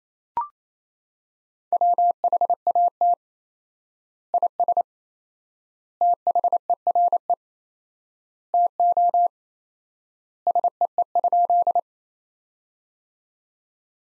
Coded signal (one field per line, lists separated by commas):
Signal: Morse code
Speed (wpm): 28 wpm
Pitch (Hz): 700 Hz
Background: none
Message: WHAT IS THERE TO SEE?